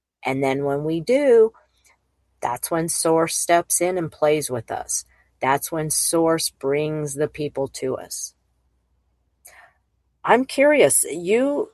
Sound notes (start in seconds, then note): none